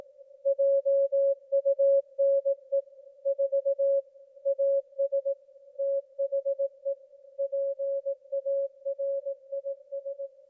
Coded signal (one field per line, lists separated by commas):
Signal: Morse code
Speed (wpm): 18 wpm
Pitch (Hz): 550 Hz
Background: none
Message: JUNE 4 AS THE PARIS